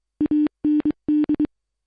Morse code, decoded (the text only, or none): AND